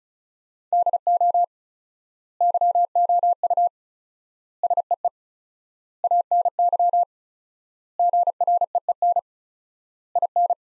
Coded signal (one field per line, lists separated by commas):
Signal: Morse code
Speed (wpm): 36 wpm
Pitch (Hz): 700 Hz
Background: none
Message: DO YOU SEE ANY GREEN IN